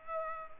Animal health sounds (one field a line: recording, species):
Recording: mosquito wingbeat signal from an infrared sensor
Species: Culex pipiens